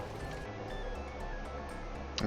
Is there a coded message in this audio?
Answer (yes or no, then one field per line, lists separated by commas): no